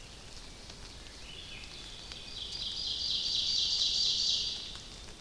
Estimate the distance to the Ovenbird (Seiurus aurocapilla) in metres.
about 55 m